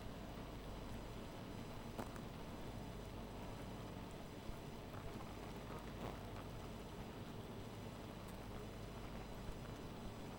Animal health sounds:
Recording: honeybee colony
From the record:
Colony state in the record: missing queen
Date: 14 July 2017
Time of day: 1:17

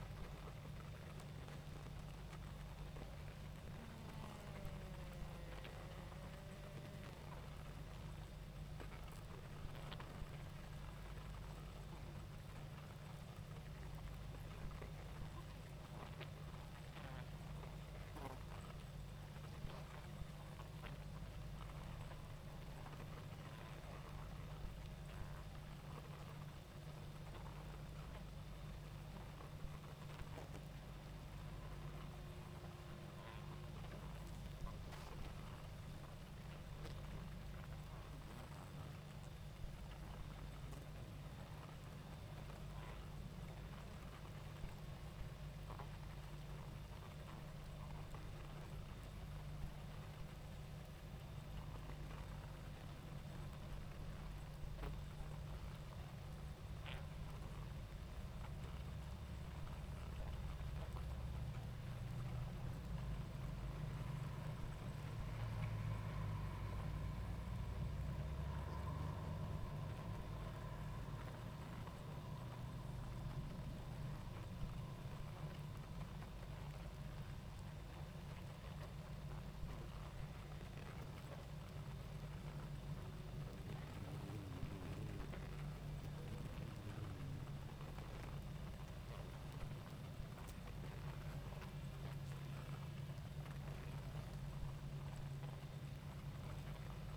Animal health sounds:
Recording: honeybee colony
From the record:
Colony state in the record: active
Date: 28 July 2017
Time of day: 20:33

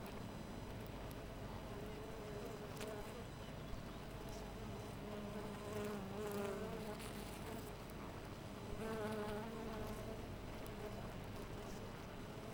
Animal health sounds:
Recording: honeybee colony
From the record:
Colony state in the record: missing queen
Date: 14 July 2017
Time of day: 5:13

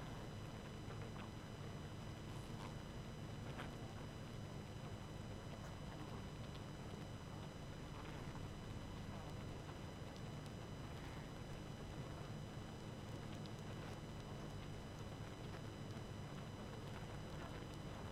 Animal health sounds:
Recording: honeybee colony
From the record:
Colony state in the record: active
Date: 12 June 2018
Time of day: 22:09

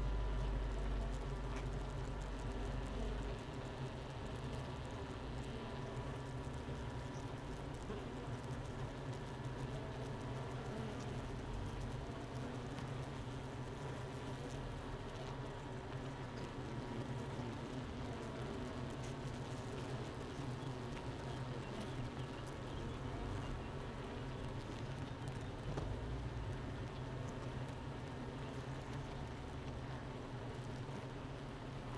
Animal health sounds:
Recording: honeybee colony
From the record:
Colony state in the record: missing queen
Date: 31 May 2018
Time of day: 9:47

